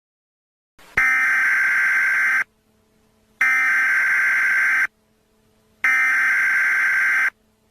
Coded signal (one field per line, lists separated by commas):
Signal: Emergency Alert System (SAME) tones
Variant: header bursts